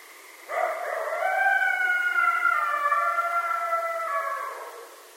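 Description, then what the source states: Coyote howl: one long, smooth, tonal wail that rises at the start, holds steady with strong overtones for about four seconds, then drops away; no other sounds. Coyotes, more than one, recorded on 2012-04-10.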